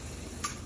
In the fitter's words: yan magki-click then paglagay niyo na ung BT